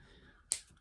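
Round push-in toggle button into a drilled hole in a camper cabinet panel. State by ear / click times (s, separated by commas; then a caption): seated / 0.5 s. A simple round push-in toggle button is pressed into a drilled hole in a camper cabinet panel. A single sharp click sounds at 0.5 seconds against a quiet background, and the button seats in place.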